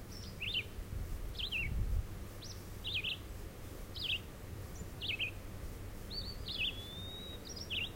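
Red-eyed vireo song, clear and prominent: quick slurred phrases, each rising or falling, given almost every second, plus a thin sustained whistle from another bird near the end.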